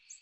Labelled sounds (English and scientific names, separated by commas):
American Redstart (Setophaga ruticilla) flight call